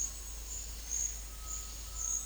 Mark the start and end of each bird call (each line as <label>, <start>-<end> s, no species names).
bird call, 1.37-2.25 s